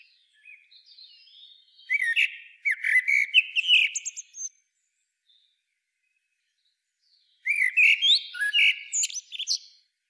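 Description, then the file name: Common blackbird singing two full phrases of low mellow whistles climbing into shrill twittered flourishes, with a quiet gap between. "Turdus merula"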